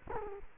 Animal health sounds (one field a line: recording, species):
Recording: mosquito wingbeat signal from an infrared sensor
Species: Culex quinquefasciatus